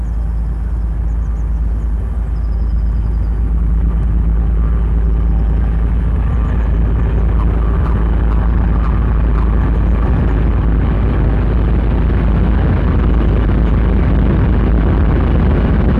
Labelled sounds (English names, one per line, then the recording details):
Common Toad call
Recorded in the wild
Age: adult
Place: Malchower Aue, Berlin, DE
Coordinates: 52.5808, 13.4886
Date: 1990-03-18 11:30
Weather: Luft 22°C, Wasser 10°C
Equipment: Riporter 6 RG-K, Halbspur, Sennheiser MKH 416 T
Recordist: Frommolt, Karl-Heinz
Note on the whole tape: Befreiungsrufe - rufende Tiere konnten meist nicht geortet werden, im Gewässer mindestens 4 Weibchen und 20 Männchen. Rote Seite Anfang sehr gut. Aufnahmen von 11.30 - 12.30 Uhr